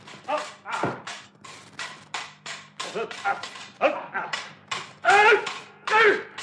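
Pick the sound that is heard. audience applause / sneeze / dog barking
dog barking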